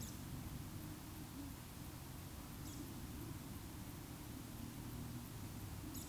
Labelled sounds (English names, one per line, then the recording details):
Eurasian Woodcock whistle
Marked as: whistle, whistle, whistle
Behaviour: display flight
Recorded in Baden-Württemberg, Germany, on 19 June 2020 at 20:07 UTC
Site 44397, 226 m above sea level